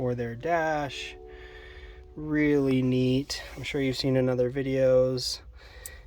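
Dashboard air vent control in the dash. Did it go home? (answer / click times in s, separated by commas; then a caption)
yes / 5.9 s. In a 2023 Honda CR-V Sport Touring Hybrid, someone talks about the new dash design while moving the plastic dashboard air-vent control. At 5.9 s it clicks into a detent position with a short, sharp click, a click the speaker calls fairly satisfying.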